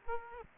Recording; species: mosquito wingbeat signal from an infrared sensor; Aedes aegypti